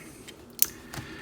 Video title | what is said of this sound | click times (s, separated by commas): Transformers: Masterpiece - MP-43 Beast Wars MEGATRON | slot right here on his thigh and this tabs into it and it just clicks into place | 0.6 s